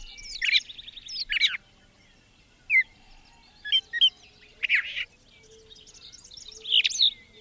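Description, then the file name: Brown thrasher song with varied phrases, a buzzy trill early on, then scattered sharp notes separated by short gaps. "suara-kicauan-brown-thraser 3-omkicau"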